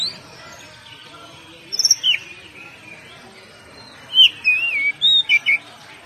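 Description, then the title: Oriental magpie-robin song: varied whistled phrases, a cluster of quick notes then a longer pause before a rich sequence of rolling, slurred whistles. "Kacer"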